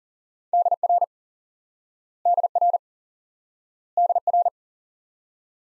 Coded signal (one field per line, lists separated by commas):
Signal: Morse code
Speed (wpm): 40 wpm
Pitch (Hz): 700 Hz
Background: none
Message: DR DR DR